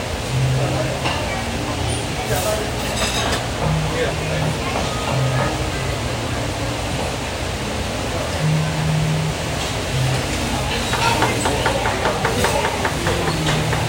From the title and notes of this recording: Sunday breakfast out in Phoenix, Arizona. The sounds of the kitchen preparing meals, dishes and utensils clanging about, and some light conversation from the cooks. Restaurant sounds.